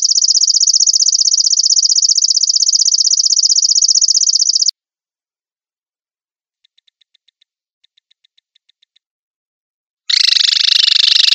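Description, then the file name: Insect call: a steady, high, rapidly pulsed trill for nearly five seconds, then near silence with faint ticking, ending with a harsher, broader buzzing trill. Insects calling at night. "suara serangga malam"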